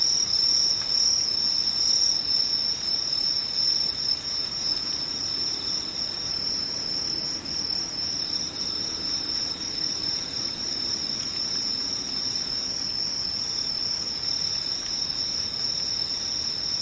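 Insects chirr steadily throughout, a thin, bright, continuous trill that holds at an even level with no breaks. A slightly lower second tone runs beneath it, fading in and out at intervals, while a faint, soft hiss fills the background.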